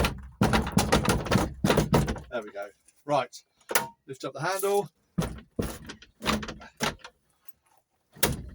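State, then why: Seated. A VW T25 T3 Caravelle GL van's front seat is turned on its metal swivel base after the handle is lifted, with someone talking and several knocks and thumps along the way. At 8.2 s the swivel base locking mechanism engages with one sharp metallic clunk, and the seat is locked into place.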